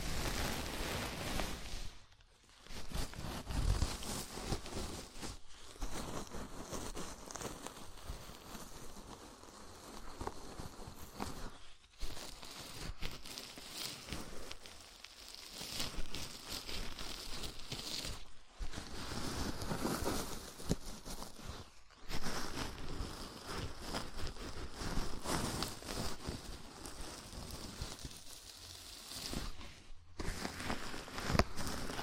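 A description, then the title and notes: Scalp massage: dense, crackly scratching and rustling of fingers through hair, mostly continuous, broken by brief pauses every few seconds. ASMR Sleepy Scalp Massage (No Talking).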